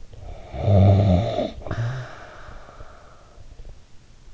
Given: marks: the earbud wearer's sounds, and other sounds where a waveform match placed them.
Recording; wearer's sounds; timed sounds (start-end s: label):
sounds in sleep by an in-ear microphone; snoring breath
0.00-4.12 s: snoring breath